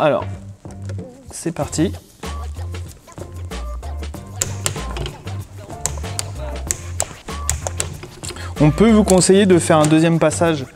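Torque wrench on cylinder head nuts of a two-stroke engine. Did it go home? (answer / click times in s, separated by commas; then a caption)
yes / 4.4 s, 4.7 s, 5.9 s, 6.7 s, 7.0 s, 7.5 s. A torque wrench set to 15 Nm tightens the cylinder head nuts of a two-stroke Derbi Euro 3 moped engine in a cross pattern, reaching its setting with sharp, loud clicks at 4.4, 4.7, 5.9, 6.7, 7.0 and 7.5 seconds. Music plays throughout, and someone talks before and after the clicks.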